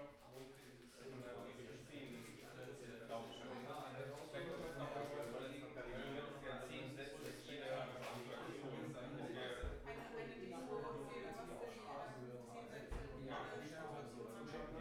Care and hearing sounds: everyday scene through a hearing-aid microphone; many people talking; many voices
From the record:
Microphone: behind the ear, right, rear

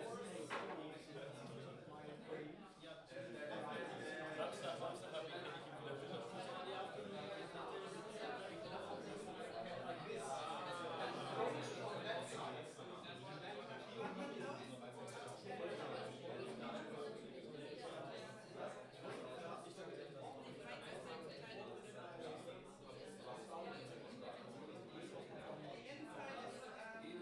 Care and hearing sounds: everyday scene through a hearing-aid microphone; many people talking; many voices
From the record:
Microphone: in the ear canal, left

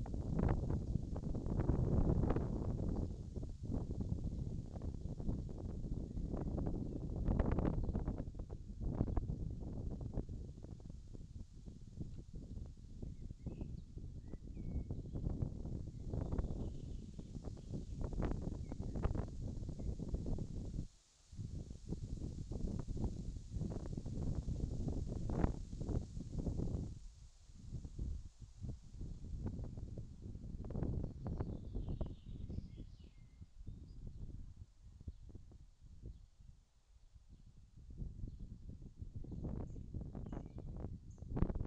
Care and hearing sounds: everyday scene through a hearing-aid microphone; wind on the microphone; wind, birds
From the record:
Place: in front of a rural house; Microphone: in the ear canal, left

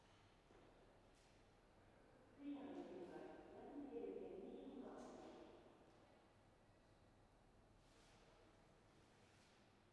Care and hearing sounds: everyday scene through a hearing-aid microphone; reverberant space; announcement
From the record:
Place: railway station hall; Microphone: behind the ear, right, rear

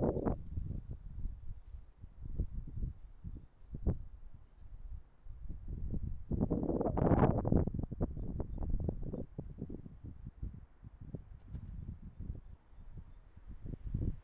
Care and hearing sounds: everyday scene through a hearing-aid microphone; wind on the microphone; wind, traffic, birds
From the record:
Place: suburban garden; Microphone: behind the ear, right, rear

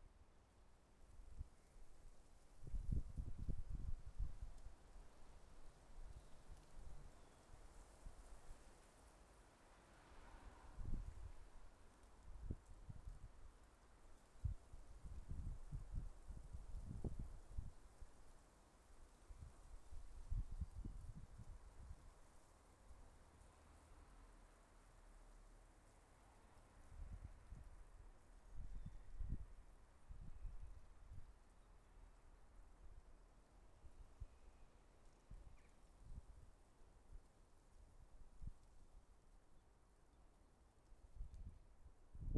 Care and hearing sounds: everyday scene through a hearing-aid microphone; wind on the microphone; wind, traffic, birds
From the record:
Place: suburban garden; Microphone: behind the ear, left, rear

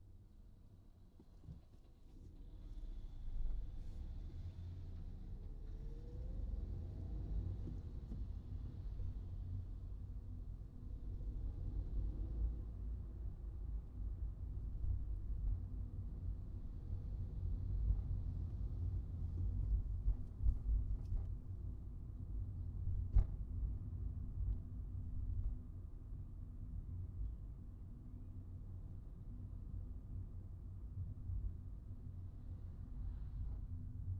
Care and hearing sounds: everyday scene through a hearing-aid microphone; in a vehicle; engine, traffic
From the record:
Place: Skoda Fabia, gasoline engine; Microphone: in the ear canal, right

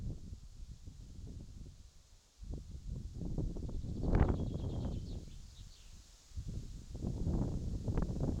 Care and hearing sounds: everyday scene through a hearing-aid microphone; wind on the microphone; wind, birds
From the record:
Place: in front of a rural house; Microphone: in the ear canal, left

